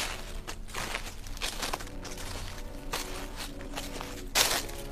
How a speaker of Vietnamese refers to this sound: Tiếng bước chân cứ nhèm nhẹp đi ở trong phòng. Một bước đèn tắt, một bước tiếp theo đèn mở. Tiếng bước chân sột soạt vẫn cứ luẩn quẩn ở bên trong.